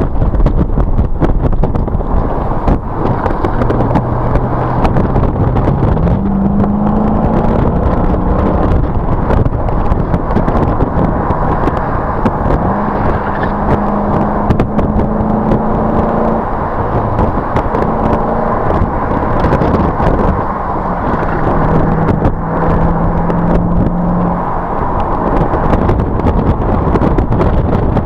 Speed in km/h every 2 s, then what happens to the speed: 58, 53, 56, 63, 81, 76, 61, 71, 71, 72, 71, 82, 81, 77.
0-5 steady at about 56. 5-8 speeds up to 81. 9-12 brakes to 61. 12-28 speeds up to 77.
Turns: 2-6, 11-16, 19-28.